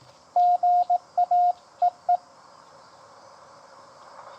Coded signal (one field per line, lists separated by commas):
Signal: Morse code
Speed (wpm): 18 wpm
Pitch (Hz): 700 Hz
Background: none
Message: GA EE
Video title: POTA US-10663